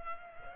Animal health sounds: mosquito wingbeat signal from an infrared sensor; Culex pipiens

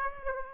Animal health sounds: mosquito wingbeat signal from an infrared sensor; Aedes aegypti

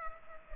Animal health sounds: mosquito wingbeat signal from an infrared sensor; Culex pipiens

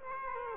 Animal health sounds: mosquito wingbeat signal from an infrared sensor; Culex quinquefasciatus

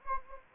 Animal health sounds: mosquito wingbeat signal from an infrared sensor; Anopheles gambiae

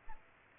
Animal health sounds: mosquito wingbeat signal from an infrared sensor; Aedes aegypti

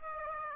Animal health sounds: mosquito wingbeat signal from an infrared sensor; Aedes aegypti

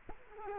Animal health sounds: mosquito wingbeat signal from an infrared sensor; Culex quinquefasciatus

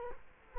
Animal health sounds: mosquito wingbeat signal from an infrared sensor; Culex quinquefasciatus

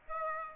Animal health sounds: mosquito wingbeat signal from an infrared sensor; Aedes aegypti

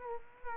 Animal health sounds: mosquito wingbeat signal from an infrared sensor; Culex quinquefasciatus

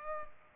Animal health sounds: mosquito wingbeat signal from an infrared sensor; Culex pipiens

